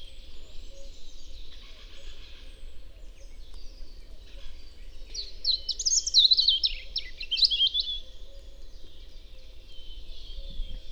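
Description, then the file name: European robin singing one fast, high, twittering phrase in the middle. A steady hiss of background noise runs throughout. "Erithacus rubecula"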